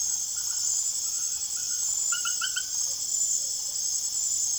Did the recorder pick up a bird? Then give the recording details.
no. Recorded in secondary vegetation near Puerto Asís, Putumayo, Colombia, on 25 June 2025 at 21:30. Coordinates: 0.489, -76.322. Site G021